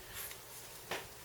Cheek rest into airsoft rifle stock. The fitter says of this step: So right now it is locked in place. Press down, clicks in place, and now your gun is fully assembled.